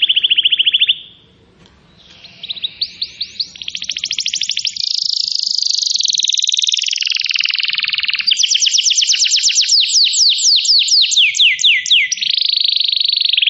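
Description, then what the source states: Atlantic canary song with varied phrases: a quick trill, rising slurred notes, a long rolling buzz, then a series of fast downward sweeps ending in a steady trill. Used as a lure to attract birds.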